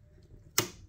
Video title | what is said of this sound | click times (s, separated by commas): All about Mazda 6 XENON HID headlight: low beam failure, ballast, igniter, bulb change and repair | clockwise and you will feel it and you will hear the click noise now | 0.6 s